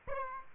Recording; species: mosquito wingbeat signal from an infrared sensor; Aedes aegypti